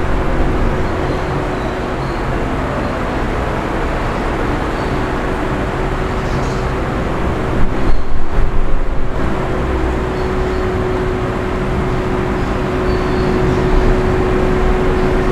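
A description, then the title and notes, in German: A hotel room with a fan running gives a steady, dense hum with a low rumble and a faint constant tone just under the middle register. Around the eighth to ninth second a brief cluster of louder, uneven knocks breaks in, then the even drone continues. Hotelzimmer-Idylle: Entspannung mit dem sanften Summen eines Ventilators. Geräuschen eines Hotelzimmers mit Ventilator.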